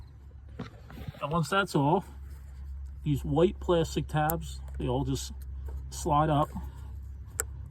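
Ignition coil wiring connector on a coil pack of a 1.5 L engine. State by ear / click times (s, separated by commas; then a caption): released / 7.4 s. Someone talks while the white plastic locking tab on the electrical connector of an ignition coil on the coil pack of a Ford Fusion or Escape 1.5 L EcoBoost engine is slid up. A short, sharp click at 7.4 s over a steady low hum marks the tab clicking open, unlocking the connector so it can be pulled off.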